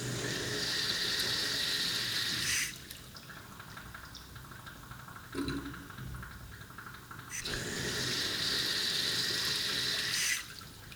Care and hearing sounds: daily activity, guitar pickup as the sensor; flush

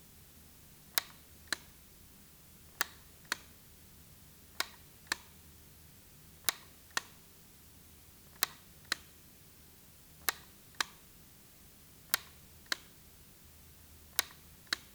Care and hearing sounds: daily activity, guitar pickup as the sensor; operate light

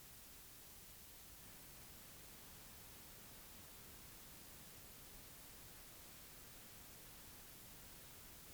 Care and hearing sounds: daily activity, guitar pickup as the sensor; sit

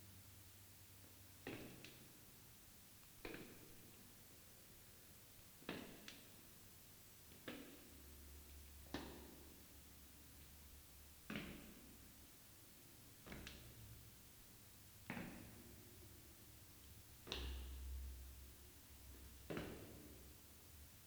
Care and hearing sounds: daily activity, guitar pickup as the sensor; go downstairs

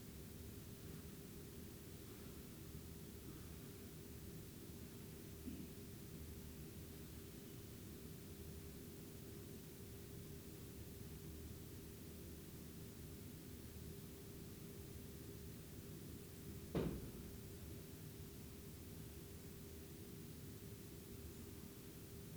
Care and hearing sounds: daily activity, guitar pickup as the sensor; lie down

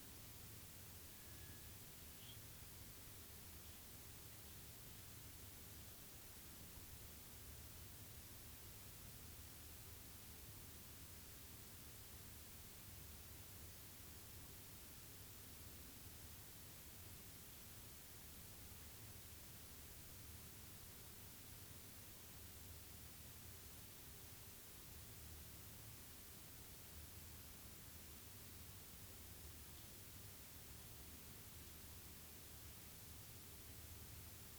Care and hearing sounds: daily activity, guitar pickup as the sensor; sit

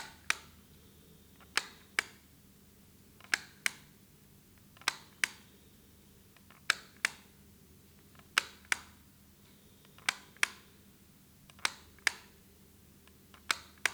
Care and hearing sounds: daily activity, guitar pickup as the sensor; operate light

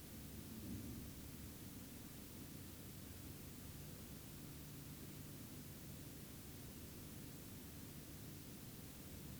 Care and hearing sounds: daily activity, guitar pickup as the sensor; lie down

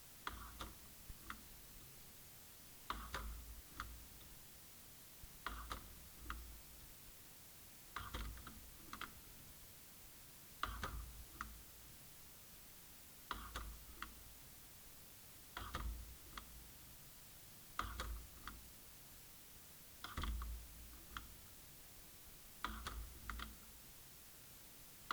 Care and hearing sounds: daily activity, guitar pickup as the sensor; manipulate door

